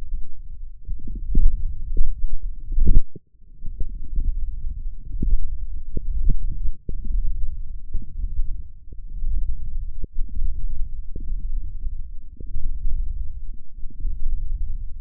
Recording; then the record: forearm muscle sounds (acoustic myography)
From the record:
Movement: hand closing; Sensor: system 1, eight BSWA MPA416 microphones around the upper forearm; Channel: 8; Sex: male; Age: 20 years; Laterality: left